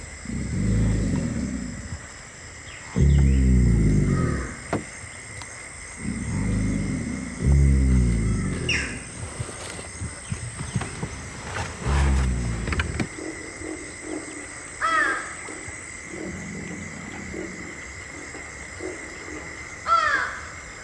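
Deep, rumbling, low-pitched pulses come in bursts of one to two seconds, about six over twenty seconds, with quieter gaps between. This is the snoring of a real alligator, heard against steady outdoor background noise with faint bird-like chirps.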